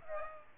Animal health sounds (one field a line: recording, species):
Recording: mosquito wingbeat signal from an infrared sensor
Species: Aedes albopictus